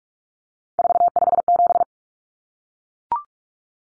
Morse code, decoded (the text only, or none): 457